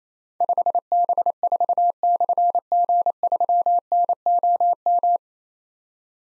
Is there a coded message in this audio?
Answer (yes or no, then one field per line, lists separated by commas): yes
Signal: Morse code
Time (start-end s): 0.4-5.2 s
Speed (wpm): 28 wpm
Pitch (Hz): 700 Hz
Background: none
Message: 5B4/G3NOM